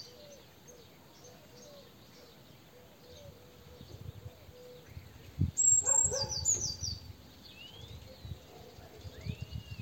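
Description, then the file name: Eurasian blue tit calling once: thin high notes leading into a quick falling buzzy run, amid other soft bird notes and low thumps. "Cyanistes caeruleus"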